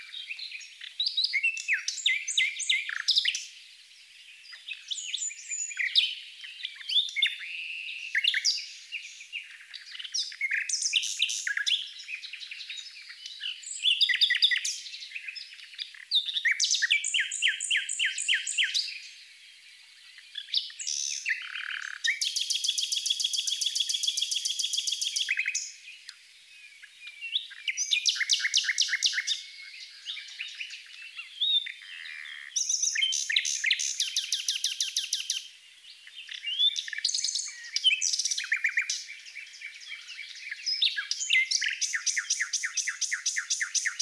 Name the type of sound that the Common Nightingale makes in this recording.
song